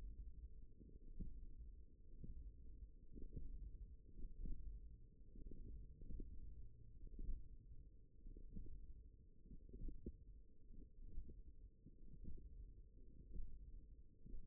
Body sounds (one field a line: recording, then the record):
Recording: forearm muscle sounds (acoustic myography)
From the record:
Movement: hand closing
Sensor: system 1, eight BSWA MPA416 microphones around the upper forearm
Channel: 4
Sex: female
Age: 20 years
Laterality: right